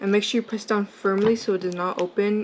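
Someone talks while handling a plastic waterproof iPhone 13 Pro case, pressing the front shell onto the back shell along the sealing edges. Only speech is heard, with no sharp snaps yet; the edge clips have not clicked closed and nothing has seated yet.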